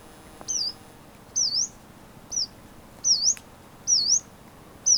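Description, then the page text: Yellow-browed warbler giving high, thin notes that dip and then sweep sharply upward, repeated roughly once a second in a quiet setting. "Frank Lambert - Пеночка-зарничка (Phylloscopus inornatus)"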